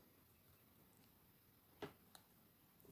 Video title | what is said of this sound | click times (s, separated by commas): TEA & ROSES ROSE QUARTZ BRACELET & EARRINGS BBB SPRING BLOSSOM COLLECTION | you hear that click click and you know you've got it so | 2.2 s, 2.8 s